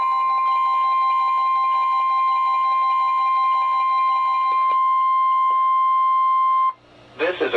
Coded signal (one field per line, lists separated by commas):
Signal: Emergency Alert System (SAME) tones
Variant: 1050 Hz attention tone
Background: speech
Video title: EAS #128-#133: Slight Risk | KHB36 & WXM42